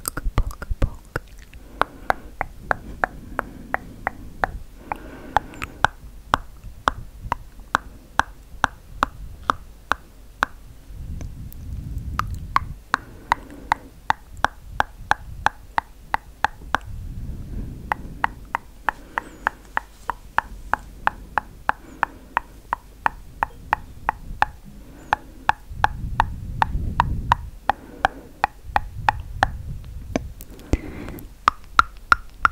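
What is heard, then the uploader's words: Tongue clicking runs through the whole recording as sharp, dry snaps, sometimes in quick runs and sometimes spaced apart. Between them come low, soft rustling swells of hand movement, strongest around 11, 17 and 26–28 seconds. ASMR Tingly Tongue Clicking Hand Movements & Personal Attention.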